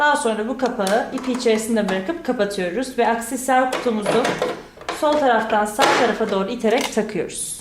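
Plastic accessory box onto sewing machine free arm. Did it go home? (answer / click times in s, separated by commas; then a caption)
no / none. The plastic accessory box for a Bernette Sew&go 3 sewing machine is being pushed from left to right onto the machine's free arm while someone talks throughout, with faint light handling noises underneath. Nothing has seated or clicked yet.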